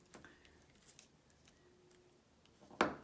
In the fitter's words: Okay, you probably heard there that these crystals are super. They do click into place